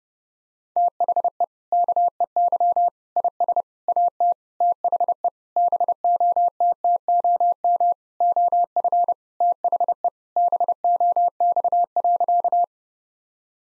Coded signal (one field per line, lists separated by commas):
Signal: Morse code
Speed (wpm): 30 wpm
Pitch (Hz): 700 Hz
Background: none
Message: THE KEY IS AT THE BOTTOM OF THE BOX.